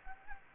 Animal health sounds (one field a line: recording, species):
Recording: mosquito wingbeat signal from an infrared sensor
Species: Anopheles gambiae